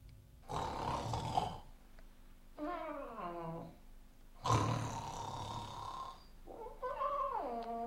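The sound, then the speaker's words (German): A parrot mimics a man's loud snoring: two cycles, each a harsh, rasping inhale followed by a whistling, downward-gliding exhale, with no talking. “Praktisch ist ein Papagei. Bellt wie ein Hund, legt auch ein Ei. Schnarcht wie ein Mann. Hört es euch an.”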